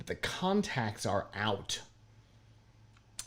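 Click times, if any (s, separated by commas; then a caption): 3.2 s. Someone talks as a gadget's built-in charging cable is flipped around the bottom of the device and snapped into its storage slot on the other side of the body. After a quiet stretch, a sharp plastic click at 3.2 s marks the cable end seating in its holder, with its contacts left exposed when snapped into place.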